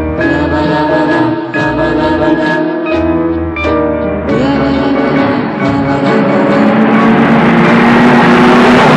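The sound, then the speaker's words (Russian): A car races at high speed along an empty highway in the morning, its engine drone and rushing road noise swelling steadily louder in the second half, with a sustained musical score playing over it throughout. “И вот она на огромной скорости несется по пустынному утреннему шоссе.”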